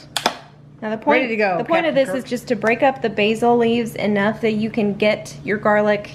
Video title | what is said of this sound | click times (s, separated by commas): Prepping for A Trip, My First Vlog! | right over here locks in place now | 0.2 s, 0.3 s